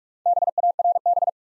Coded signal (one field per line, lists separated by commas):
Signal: Morse code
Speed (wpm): 46 wpm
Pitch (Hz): 700 Hz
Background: none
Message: BARB